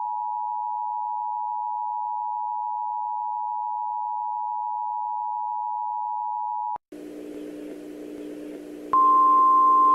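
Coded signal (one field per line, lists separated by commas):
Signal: Emergency Alert System (SAME) tones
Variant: 853 and 960 Hz attention tone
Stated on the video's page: Real EAS severe thunderstorm warning issued by the National Weather Service for Reagan County, Texas.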